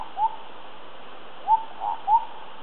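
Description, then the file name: Indian scimitar babbler giving mellow, fluty hooted notes: one single note, a pause of over a second, then three quick notes in close succession. "P horsfieldi"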